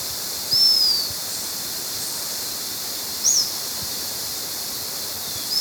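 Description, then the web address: White-fronted Tyrannulet giving very high, thin whistles: a long note sliding downward, then a short arched note about three seconds later, over steady hiss. Ecuador. "Natures Songs S America Birds of Ecuador 3 White-Fronted Tyrannulet"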